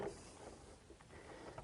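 The last RAM memory module is handled and lined up over its motherboard DIMM socket, with soft, low rustling and scraping and a faint brief tap near 1.6 s. Nothing has seated or clicked yet, and the retention tabs have not locked.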